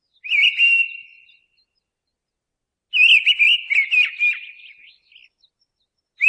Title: BURUNgLainna. Mistle Thrush (Turdus viscivorus)